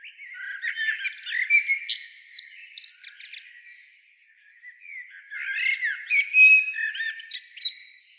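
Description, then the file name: Eurasian blackbird uttering two bouts of high, squeaky twittering and chattering notes, separated by a quiet pause of about a second. "Turdus merula"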